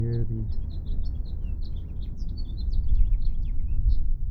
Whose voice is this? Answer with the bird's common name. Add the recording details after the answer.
House Finch. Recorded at Atlantic Beach West on Long Island, New York, on 2 June 1975. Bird C